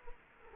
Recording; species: mosquito wingbeat signal from an infrared sensor; Culex quinquefasciatus